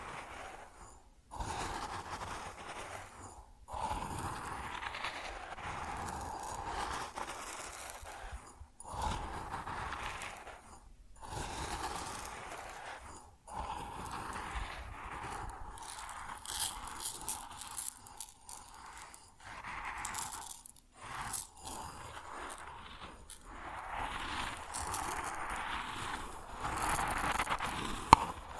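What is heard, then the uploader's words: Grain pours and rustles in repeated bursts separated by brief gaps roughly every two to three seconds, with a hissing, scraping texture throughout. ASMR Grain Sounds (No Talking).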